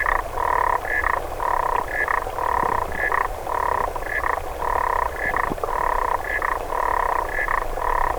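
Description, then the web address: Clawed frog calling in loud, clear two-toned trill bursts, each around half a second, repeated steadily with short gaps and occasional clicks. "sounds xenopus"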